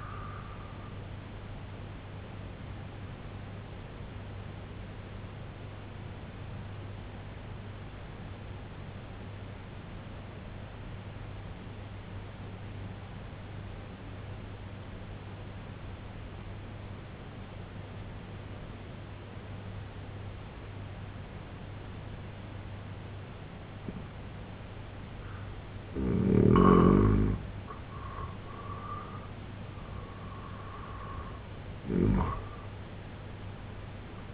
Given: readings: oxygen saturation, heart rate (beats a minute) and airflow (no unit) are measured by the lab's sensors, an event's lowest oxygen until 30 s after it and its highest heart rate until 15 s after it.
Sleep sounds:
breathing in sleep by a voice recorder at the bedside; 1
7.00-25.90 s: obstructive apnea (N2, oxygen 93% highest, then 84% lowest, heart rate 65 at the start, 92 highest)
From the record:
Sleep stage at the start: N2 (light sleep); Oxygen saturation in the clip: 86 to 93%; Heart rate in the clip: 62 to 88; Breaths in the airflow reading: 2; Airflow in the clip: -4.3 to 9.5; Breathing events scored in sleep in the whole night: 258 in 7.4 hours asleep

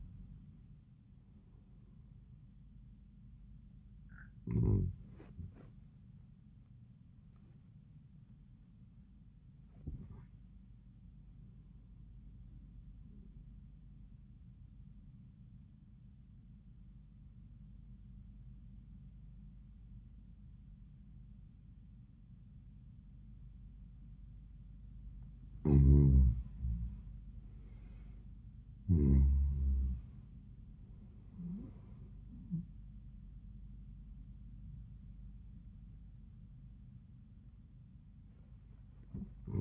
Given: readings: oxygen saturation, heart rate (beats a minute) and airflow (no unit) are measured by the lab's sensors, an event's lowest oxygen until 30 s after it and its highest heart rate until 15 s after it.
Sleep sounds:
breathing in sleep by a smartphone at the bedside; 1
15.00-26.90 s: obstructive apnea (N1, oxygen 98% highest, then 84% lowest, heart rate 88 at the start, 90 highest)
From the record:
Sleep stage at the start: N1 (lightest sleep); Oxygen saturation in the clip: 86 to 98%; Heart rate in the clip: 83 to 96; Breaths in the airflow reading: 7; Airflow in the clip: -21.2 to 17.7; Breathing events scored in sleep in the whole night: 400 in 8.7 hours asleep

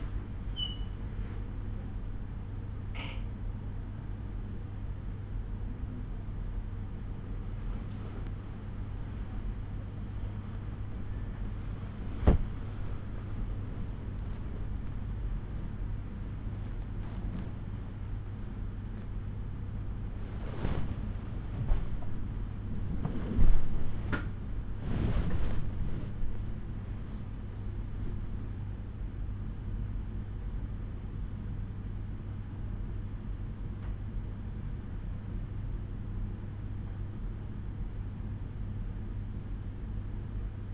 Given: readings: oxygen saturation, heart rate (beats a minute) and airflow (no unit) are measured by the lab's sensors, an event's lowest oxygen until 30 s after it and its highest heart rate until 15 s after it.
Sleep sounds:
a person awake in a sleep study, by a smartphone at the bedside; none
13.00-40.74 s: awake
From the record:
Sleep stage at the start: awake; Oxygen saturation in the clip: 94 to 95%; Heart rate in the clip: 66 to 77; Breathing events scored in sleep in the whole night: 187 in 7.2 hours asleep

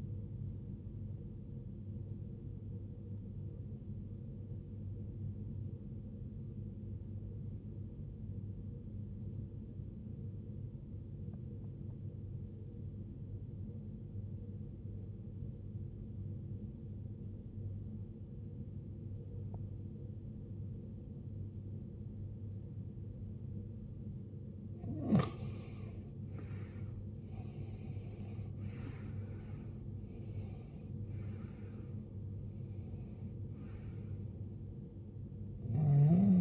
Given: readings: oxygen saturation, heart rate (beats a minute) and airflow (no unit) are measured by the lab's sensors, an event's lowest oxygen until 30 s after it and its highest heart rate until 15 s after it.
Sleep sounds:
breathing in sleep by a smartphone at the bedside; 1
3.00-24.70 s: obstructive apnea (N2, oxygen 95% highest, then 84% lowest, heart rate 69 at the start, 79 highest)
30.00-36.41 s: new sleep stage, N1 (lightest sleep)
From the record:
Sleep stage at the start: N2 (light sleep); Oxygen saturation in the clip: 86 to 95%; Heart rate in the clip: 59 to 79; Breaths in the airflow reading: 4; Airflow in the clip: -19.4 to 19.7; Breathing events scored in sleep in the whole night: 389 in 6.3 hours asleep

